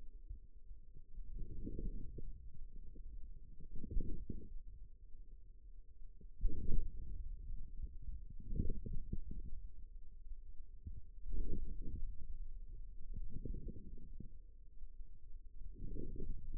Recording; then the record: forearm muscle sounds (acoustic myography)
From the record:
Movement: outward rotation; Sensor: system 2, bracelet of six BSWA MPA416 microphones around the upper forearm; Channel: 3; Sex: male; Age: 22 years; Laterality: right